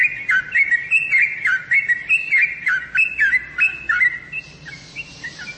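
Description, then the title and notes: Bird song of clear, whistled chirps with sharp downward flicks, delivered in an uneven but steady series, then trailing off into softer notes. "Bird Sound. Kicau Burung Lengkap"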